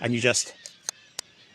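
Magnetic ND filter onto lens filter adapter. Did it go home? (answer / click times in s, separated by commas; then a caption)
yes / 0.9 s, 1.2 s. A magnetic neutral density filter is pushed over the magnetic filter adapter on the front of a camera lens and snaps on magnetically, locking into place. Someone talks at the start, then two sharp, brief clicks are heard at 0.9 s and 1.2 s as the filter seats.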